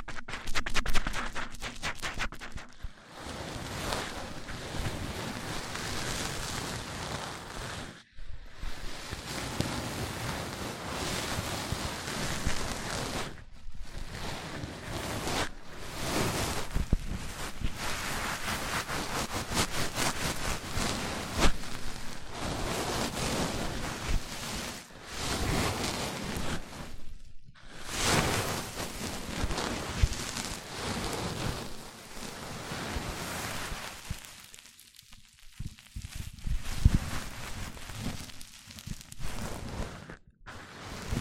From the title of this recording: MIC ON MIC Triggers Richer Sounds